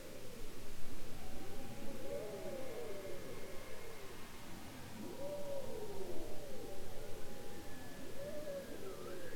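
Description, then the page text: Bowhead whale calls: low arching moans that rise and fall in overlapping loops, repeated in bursts every few seconds over a steady low rumble. "Bowhead whales ( Balaena mysticetus ) are copycats, imitating sounds heard in their environment. Polar Research"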